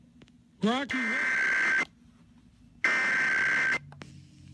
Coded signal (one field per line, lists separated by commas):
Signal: Emergency Alert System (SAME) tones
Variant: header bursts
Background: speech